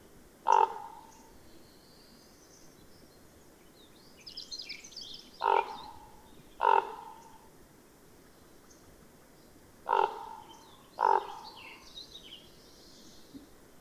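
Bird uttering brief rough croaks in loose pairs and singles over fourteen seconds, while thin high chirps and twitters of small birds fill the gaps.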